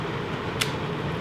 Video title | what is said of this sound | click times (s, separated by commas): Mindstorm NXT & MS Robotics - A Great Couple | want to hear the snap that means everything's good to go | 0.6 s